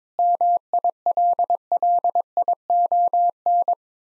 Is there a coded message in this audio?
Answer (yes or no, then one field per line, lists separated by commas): yes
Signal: Morse code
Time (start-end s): 0.2-3.7 s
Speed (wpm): 22 wpm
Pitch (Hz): 700 Hz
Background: none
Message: MILLION